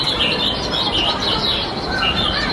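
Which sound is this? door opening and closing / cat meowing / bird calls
bird calls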